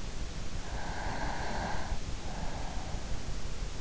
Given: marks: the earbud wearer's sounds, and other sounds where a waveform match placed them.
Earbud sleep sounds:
sounds in sleep by an in-ear microphone; breath
0.28-3.20 s: breath

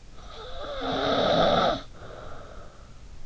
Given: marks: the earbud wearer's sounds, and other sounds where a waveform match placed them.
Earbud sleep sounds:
sounds in sleep by an in-ear microphone; snoring breath
0.09-3.06 s: snoring breath

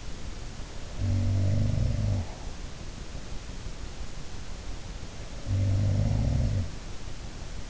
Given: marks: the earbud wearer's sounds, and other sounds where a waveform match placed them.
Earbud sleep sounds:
sounds in sleep by an in-ear microphone; breath
0.76-2.98 s: sound from someone else or the room
1.83-2.98 s: breath
5.17-6.95 s: sound from someone else or the room

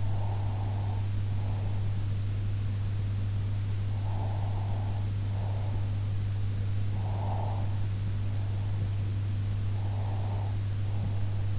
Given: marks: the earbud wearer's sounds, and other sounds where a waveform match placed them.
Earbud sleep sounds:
sounds in sleep by an in-ear microphone; breath
0.00-2.06 s: breath
3.86-5.94 s: breath
6.92-8.92 s: breath
9.70-11.59 s: breath

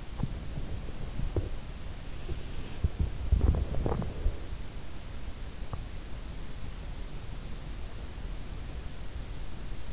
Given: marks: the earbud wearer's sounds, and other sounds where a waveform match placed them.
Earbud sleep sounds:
sounds in sleep by an in-ear microphone; body movement
0.00-5.04 s: body movement

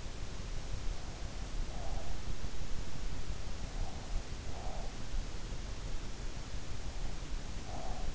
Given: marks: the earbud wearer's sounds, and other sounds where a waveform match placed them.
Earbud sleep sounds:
sounds in sleep by an in-ear microphone; breath
1.28-2.40 s: breath
3.96-4.87 s: breath
7.04-8.15 s: breath

